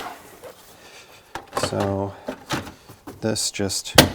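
While reassembling the rear cargo area of a GLK X204 SUV after a hitch install, a plastic cargo-area trim or tray piece is handled and pressed toward its spot in the rear cargo floor as someone talks. A sharp tap sounds at 1.4 s, followed by another knock at 1.6 s. Nothing has seated or clicked into place yet.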